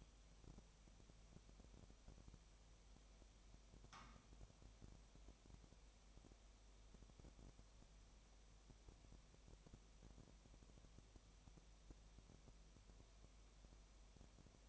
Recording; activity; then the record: daily activity, microphone in the room; no activity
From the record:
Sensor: 1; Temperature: 19.7 degrees Celsius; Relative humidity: 37.0%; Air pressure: 1007.2 hPa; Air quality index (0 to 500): 144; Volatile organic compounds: 5 ppm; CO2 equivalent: 1761 ppm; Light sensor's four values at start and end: 1/2/1/1 and 1/2/1/1